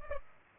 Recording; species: mosquito wingbeat signal from an infrared sensor; Culex pipiens